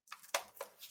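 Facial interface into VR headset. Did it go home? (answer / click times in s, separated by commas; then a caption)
yes / 0.3 s. A facial interface with a nose flap is lined up and pushed down onto an Oculus Quest 2 VR headset. A few light clicks are heard, with a sharp snap at 0.3 seconds as it seats home. Another softer tick follows at 0.6 seconds.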